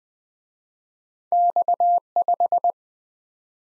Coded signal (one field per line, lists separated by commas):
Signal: Morse code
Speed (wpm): 20 wpm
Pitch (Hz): 700 Hz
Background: none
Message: X5